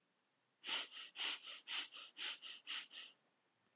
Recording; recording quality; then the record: shallow breathing; excellent, no background noise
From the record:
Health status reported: healthy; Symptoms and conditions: none ticked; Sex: male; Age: 22 years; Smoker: not ticked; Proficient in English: yes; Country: India